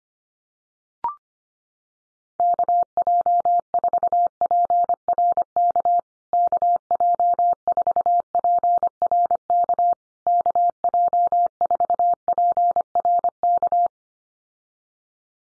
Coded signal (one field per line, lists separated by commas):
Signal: Morse code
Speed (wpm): 25 wpm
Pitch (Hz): 700 Hz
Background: none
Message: KJ4PRK KJ4PRK KJ4PRK